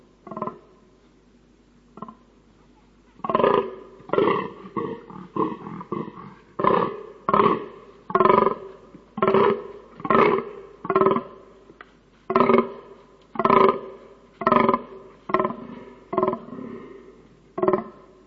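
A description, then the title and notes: A fallow deer in rut groans over and over, each call a short, deep, belching grunt. After a few scattered calls early on, the groans come in a steady run of about one per second until the end, loud against a quiet background. Fallow Deer Rut.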